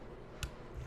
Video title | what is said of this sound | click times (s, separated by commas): ONE TAKE LEGO STAR WARS REVIEWS / 75347 | I don't know if you heard it, but there's a nice little click to it. | 0.4 s